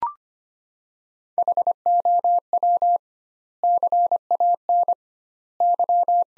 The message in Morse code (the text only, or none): HOW CAN Y